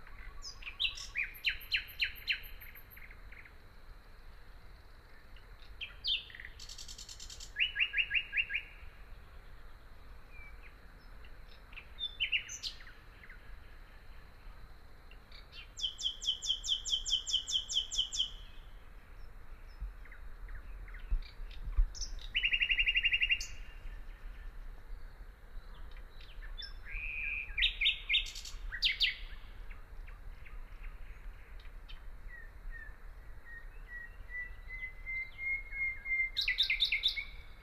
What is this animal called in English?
Common Nightingale